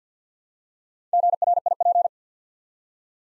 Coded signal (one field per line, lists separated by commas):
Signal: Morse code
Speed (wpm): 50 wpm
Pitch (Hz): 700 Hz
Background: none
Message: GRIP